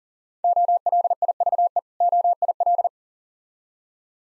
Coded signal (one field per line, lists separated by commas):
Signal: Morse code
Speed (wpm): 40 wpm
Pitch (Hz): 700 Hz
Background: none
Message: OLIVE OIL